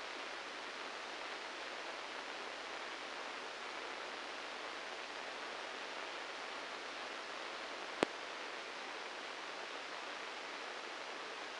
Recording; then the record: brain microelectrode recording played as sound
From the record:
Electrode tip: inside the subthalamic nucleus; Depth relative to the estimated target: 3 mm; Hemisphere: right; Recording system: NeuroSet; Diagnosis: Parkinson's disease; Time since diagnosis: 9 years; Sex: male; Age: 56 years